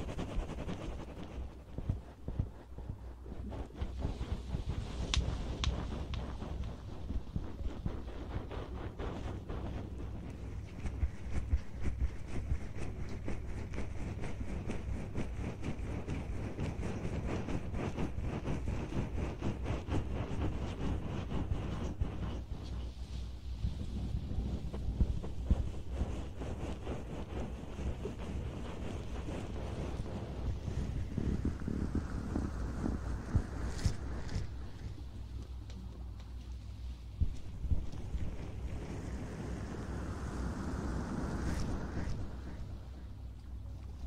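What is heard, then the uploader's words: Ear cleaning and ear massage: a dense, rumbling rub runs almost without pause, laced with quick scratchy strokes. It eases briefly near 3, 23, 30 and 37 seconds, and brighter swishing sweeps rise around 34 and 40 seconds. ASMR Ear cleaning & Ear massage.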